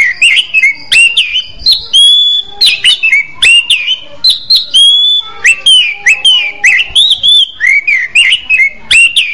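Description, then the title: Orange-headed thrush singing a continuous run of rich, varied whistled phrases, rising and falling, with short sharp high accents between them and no other clear sounds. "Anis Merah"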